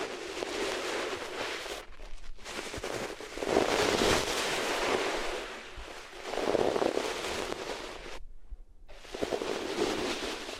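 Ears rubbing against different materials make a dense, scratchy rustle that swells and fades in slow strokes, loudest around four and seven seconds. Brief near-silent gaps break it at about two seconds and again just after eight.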